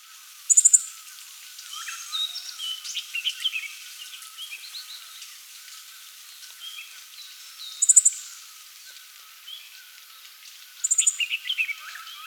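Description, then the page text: Dark-sided flycatcher song, thin, very high rapid bursts of notes returning every few seconds, between soft faint twitters and a steady background hiss. "Dark-Sided Flycatcher Song. Quick Sounds"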